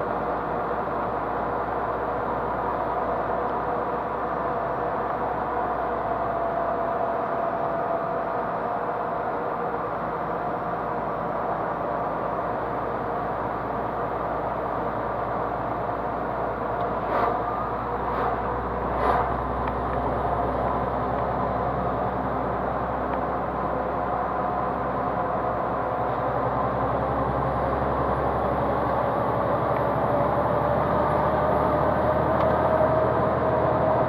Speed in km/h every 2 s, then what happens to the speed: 53, 54, 53, 52, 52, 51, 51, 50, 51, 52, 53, 55, 54, 56, 60, 63, 65.
0-25 steady at about 52. 25-34 speeds up to 65.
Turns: none.